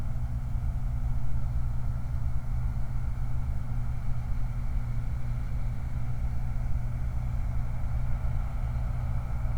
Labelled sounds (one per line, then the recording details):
truck
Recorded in the Prudhoe Bay oil fields, Alaska, on 29 July 2019
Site 29